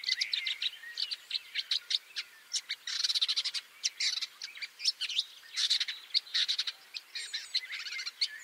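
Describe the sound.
Woodchat shrike giving a fast, scratchy chattering song of dry clicks and squeaky notes, with brief denser bursts of rapid rattles.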